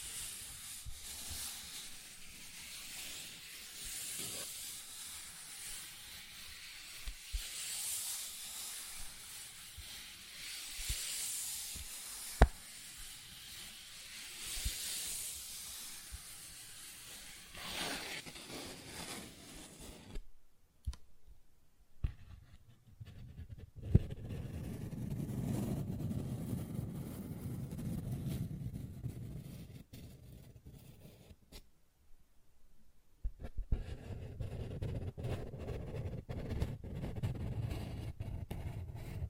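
Paper bag scratching fills the first twenty seconds with a bright, hissy rustle that swells and fades in waves. After a short silence, softer muffled tapping and low thuds take over, broken by another pause near 32 seconds before light scratching returns.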